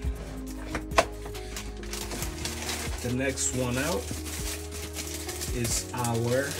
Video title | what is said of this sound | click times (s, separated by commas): KWS-1015 Installation | I'm gonna push it down and you should be right click just like that | 1.0 s